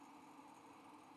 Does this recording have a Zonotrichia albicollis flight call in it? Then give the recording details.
no. No flight call is heard. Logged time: 10:15 on 5 December 2014